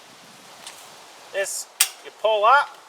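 The locking pin is pulled up on the folding base leg of a GSTOVE Heat View XL, a small metal portable wood stove, while someone talks. A faint tick sounds at 0.7 s and a brief sharp handling noise near 1.8 s. The leg has not yet snapped into its locked position, and nothing has seated or clicked by the end.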